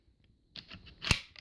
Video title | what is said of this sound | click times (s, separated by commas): Xpower pt.1 | slide it down, and it locks in place. | 1.1 s